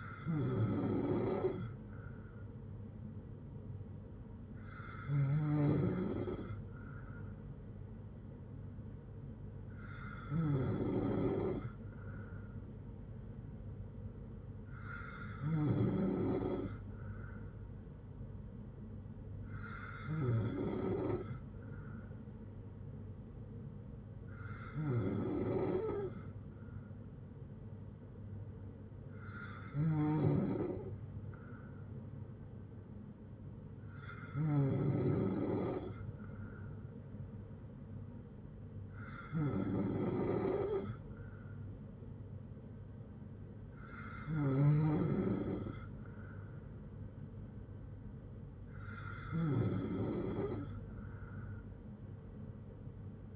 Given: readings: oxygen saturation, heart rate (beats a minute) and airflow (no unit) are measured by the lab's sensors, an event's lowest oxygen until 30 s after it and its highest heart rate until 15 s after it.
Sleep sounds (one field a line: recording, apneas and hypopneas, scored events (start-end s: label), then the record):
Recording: breathing in sleep by a smartphone at the bedside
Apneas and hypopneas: none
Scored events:
none scored
From the record:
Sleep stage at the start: N3 (deep sleep)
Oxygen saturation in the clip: 93 to 95%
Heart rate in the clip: 57 to 69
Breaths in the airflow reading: 11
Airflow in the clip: -5.1 to 4.1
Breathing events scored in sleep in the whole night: 182 in 7.4 hours asleep